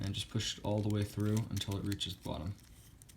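Someone talks while sliding the small plastic dancer motor unit of a 1/24–1/25 scale model truck bed lift kit (Hoppin Hydros Bed Lift and Spinner Kit) down into its plastic bed-lift mount, with a couple of faint ticks at 3.0 s and 3.1 s. Nothing has seated or clicked into place yet.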